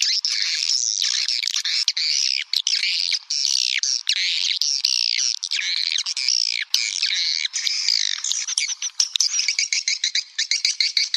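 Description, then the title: Swiftlets twittering in a dense chorus, overlapping buzzy chirps and sweeping trills, with rapid clicking bursts toward the end. "Suara Burung Wallet"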